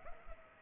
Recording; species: mosquito wingbeat signal from an infrared sensor; Culex pipiens